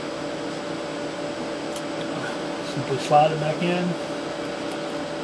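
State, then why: Not seated. A new laptop hard drive, with its black connector refitted, is placed in its mounting cage and lined up before being slid back into the laptop drive bay. Someone talks over a steady fan-like hum, with a few soft handling sounds around 3 to 4 seconds. Nothing has seated or clicked yet.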